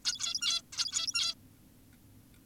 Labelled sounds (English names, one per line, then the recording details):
Zebra Finch
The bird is an adult
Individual g17y2U